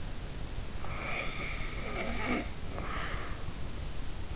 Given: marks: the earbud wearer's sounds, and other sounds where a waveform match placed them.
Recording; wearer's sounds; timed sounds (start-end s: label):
sounds in sleep by an in-ear microphone; snoring breath
0.71-4.36 s: snoring breath